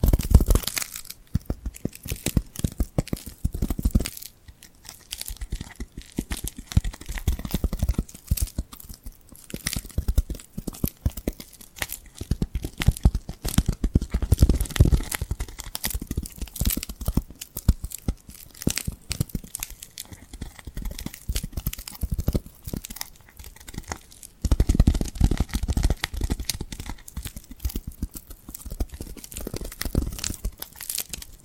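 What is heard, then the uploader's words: Glued hands are peeled and pressed apart, making dense, continuous crackly tearing and sticky crinkling sounds throughout. ASMR Tingly Glued Hand Sounds for Sleep (No Talking).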